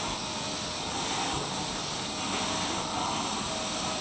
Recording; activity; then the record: daily activity, microphone in the room; vacuum cleaning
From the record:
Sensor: 1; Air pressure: 1002.0 hPa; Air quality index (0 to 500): 242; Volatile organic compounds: 47 ppm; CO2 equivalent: 3255 ppm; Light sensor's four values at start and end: 8/28/10/11 and 8/27/10/11